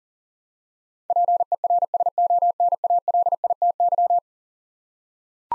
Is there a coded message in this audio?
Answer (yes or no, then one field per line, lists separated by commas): yes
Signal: Morse code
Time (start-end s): 1.1-4.2 s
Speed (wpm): 40 wpm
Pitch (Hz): 700 Hz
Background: none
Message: PERSONALITY